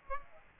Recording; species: mosquito wingbeat signal from an infrared sensor; Aedes aegypti